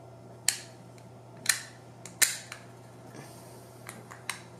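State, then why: Seated. A 3D-printed plastic cover with snap tabs on its sides is pressed onto a camera collimator housing and seats with a sharp snap at 0.5 s. Further sharp clicks follow at about 1.5, 2.1, 2.5, 3.9 and 4.3 s over a steady low hum. The cover is snapped in place and held secure.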